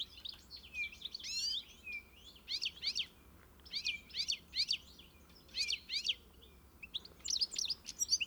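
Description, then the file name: European goldfinch calls: bright, tinkling twittered bursts of quick chirps, each lasting under a second and repeated every second or so, over a faint low hum. "Carduelis carduelis"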